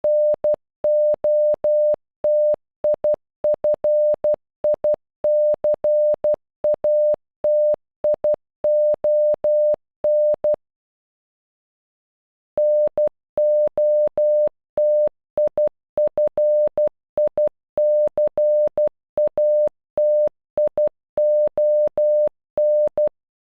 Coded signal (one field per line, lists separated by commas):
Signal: Morse code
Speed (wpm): 12 wpm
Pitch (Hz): 600 Hz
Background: none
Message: NOTIFICATION NOTIFICATION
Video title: Notification in Morse code